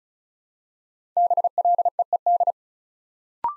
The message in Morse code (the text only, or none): BLEED